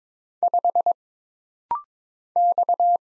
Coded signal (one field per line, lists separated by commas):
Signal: Morse code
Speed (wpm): 22 wpm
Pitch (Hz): 700 Hz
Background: none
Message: 5 X